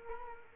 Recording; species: mosquito wingbeat signal from an infrared sensor; Culex quinquefasciatus